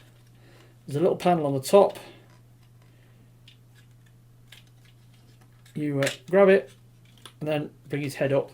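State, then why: Not seated. Someone talks while handling a plastic Hello Carbot X Life X transforming car toy, grabbing a little panel on top to bring the robot's head up toward its place in the torso. Between the speech, faint short ticks come at about 3.5 s and 4.5 s. Nothing has seated or clicked into place yet.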